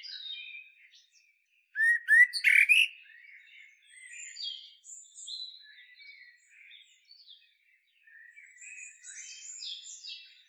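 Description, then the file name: Common blackbird song: one loud fluted phrase with a sharp squeaky finish, surrounded by softer high twittering and faint scratchy notes. "Turdus merula"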